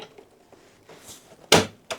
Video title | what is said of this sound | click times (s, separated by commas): തീപ്പൊരി സാധന 🔥 Best 2k 34 inch 1440p gaming monitor in 2026 - unboxing and user experiencedm | ആക്കുമ്പോൾ തന്നെ അത് അവിടെ ലോക്ക് ആകും. സെറ്റായി കഴിഞ്ഞു. | 1.5 s